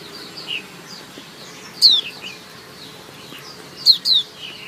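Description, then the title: White-eye giving thin, high chirps, single and paired, sharp descending notes spaced a couple of seconds apart. Female bird; chirps used as therapy to prompt silent white-eyes to sing. "Suara Kicau Pleci Betina Terapi Pleci Mbisu"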